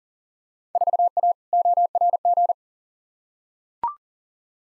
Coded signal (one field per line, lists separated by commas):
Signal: Morse code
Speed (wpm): 40 wpm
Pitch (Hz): 700 Hz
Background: none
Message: 4A ORG